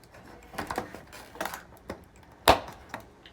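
An arcade push button is pressed into its hole in a control panel, with a few soft clicks and rustles before a strong, sharp snap at 2.5 s as the button pops in. A lighter tick follows near 2.9 s, and the button ends up seated in the panel.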